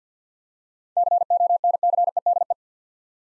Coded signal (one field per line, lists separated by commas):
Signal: Morse code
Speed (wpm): 52 wpm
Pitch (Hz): 700 Hz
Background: none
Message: CONCEDE